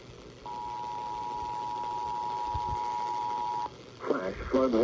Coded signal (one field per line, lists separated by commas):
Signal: Emergency Alert System (SAME) tones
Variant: 853 and 960 Hz attention tone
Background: speech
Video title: NINE TWELVE WEATHER - EAS Alerts on 9/12/2022 (EAS #250-263)